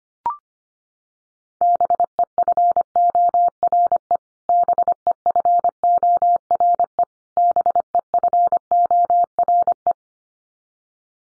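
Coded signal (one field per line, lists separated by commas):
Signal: Morse code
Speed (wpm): 25 wpm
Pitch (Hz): 700 Hz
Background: none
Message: BEFORE BEFORE BEFORE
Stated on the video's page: Morse sent at 25 wpm as a head-copy drill of the 300 most common English words, each word sent three times, then spoken, then sent again.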